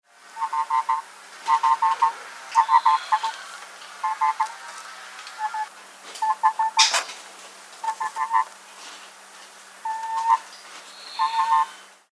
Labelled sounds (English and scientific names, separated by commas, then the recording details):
Kori Bustard (Ardeotis kori)
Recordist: Tembrock, Günter
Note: Rufe eines Jungvogels